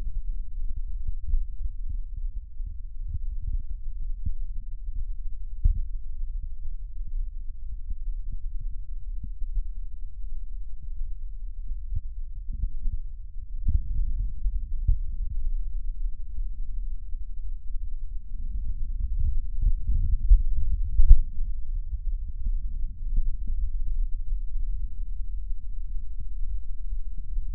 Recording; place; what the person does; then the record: lung sounds by stethoscope; right posterior apical chest; quiet breathing, then deep breathing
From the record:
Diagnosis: none (healthy); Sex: male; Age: 35 years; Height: 186 cm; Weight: 108 kg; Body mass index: 31.2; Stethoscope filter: bell mode